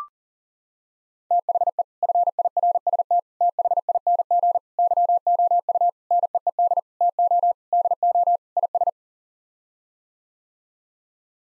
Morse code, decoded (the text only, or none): THE FIRST THING YOU NEED TO DO IS